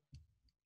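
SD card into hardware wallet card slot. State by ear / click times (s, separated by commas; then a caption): seated / 0.1 s. A microSD card is pushed into the spring-loaded card reader slot of a ColdCard Mark 2 hardware wallet, giving a sharp click at 0.15 s followed by a softer tick near 0.5 s. The card is seated in the slot.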